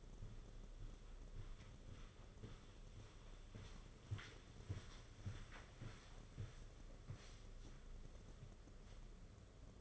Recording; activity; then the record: daily activity, microphone in the room; walk to room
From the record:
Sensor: 4